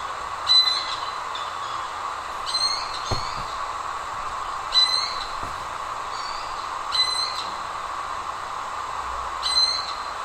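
Eared quetzal sharp squealing notes with short whistled tails, repeated roughly every two seconds, a few faint clicks between, over a continuous hum.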